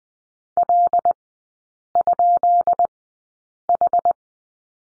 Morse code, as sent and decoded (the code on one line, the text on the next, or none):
.-.. ..--.. ....
L?H